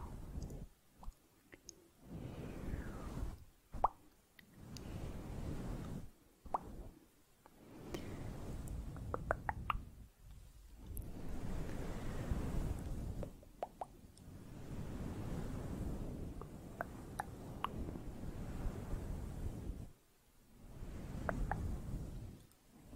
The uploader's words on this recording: ASMR Close Up Soft & Slow Mouth Sounds, Fluffy Mic, Camera Brushing.